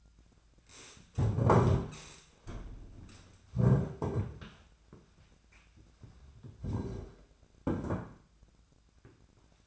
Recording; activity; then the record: daily activity, microphone in the room; stand up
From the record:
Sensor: 2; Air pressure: 1008.0 hPa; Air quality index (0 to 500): 181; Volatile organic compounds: 10 ppm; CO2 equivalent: 2229 ppm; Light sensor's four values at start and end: 11/27/11/12 and 11/26/11/11